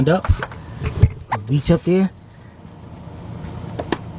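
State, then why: Seated. Someone talks briefly, then reaches up and presses the plastic lock on the shift cable adjuster at the cable end of a 2002-2005 Ford Explorer or Mercury Mountaineer down into place. Two short, sharp clicks are heard at 3.8 and 3.9 seconds as it locks down. The lock is seated, with its yellow and black parts lined up.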